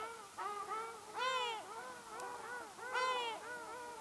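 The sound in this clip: Ruddy shelduck calls, loud nasal honks with strong harmonics, two louder drawn-out calls standing out among softer overlapping honks.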